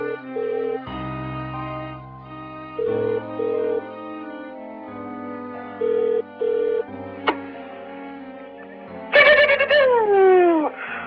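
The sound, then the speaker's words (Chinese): A home telephone rings in repeated short paired electronic bursts over a steady tonal backdrop before an answering machine picks up, followed near the end by a loud burst of sweeping, falling tones. No one speaks. “我而家唔喺屋企，要迟啲先至可以复你。如果你揾我嘅话咧，仲要 beep 一声之后咧，留低你嘅 message。”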